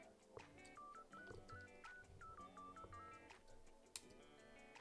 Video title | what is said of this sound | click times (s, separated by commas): Building Chuatury Panlunch | Oh, that just clicks right in if you heard that. | 4.0 s